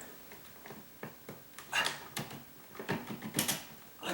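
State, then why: Seated. A plastic smoke alarm is twisted onto its ceiling mounting base, turned until its detents are heard clicking. A series of small clicks sounds at 1.0, 1.6, 1.9, 2.2, 2.9 and 3.4 seconds, and the alarm is seated on the base.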